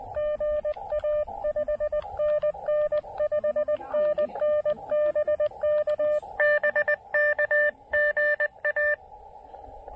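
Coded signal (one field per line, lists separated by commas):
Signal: Morse code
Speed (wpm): 20 wpm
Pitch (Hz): 590 Hz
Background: none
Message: GA 5NN 5NN BK BK GA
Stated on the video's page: SOTA QRP activation working DX with a KX2 and a 20 meter delta loop antenna, on 20, 10, 12 and 15 meters.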